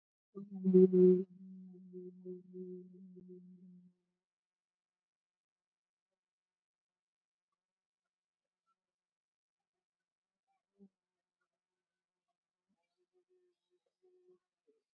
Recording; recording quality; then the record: sustained vowel as in boot; excellent, no background noise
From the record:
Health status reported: COVID-19 positive, mild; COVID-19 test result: positive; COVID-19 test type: RT-PCR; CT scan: taken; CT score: 4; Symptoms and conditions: muscle pain, diabetes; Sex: female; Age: 59 years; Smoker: no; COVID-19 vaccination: both doses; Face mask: worn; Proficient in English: yes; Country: India